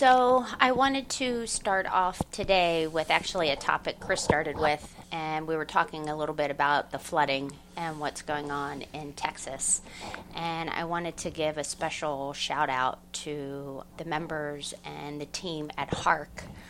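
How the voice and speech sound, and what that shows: Fluent, clear conversational speech from one adult at an ordinary pace, over a faint steady background hum.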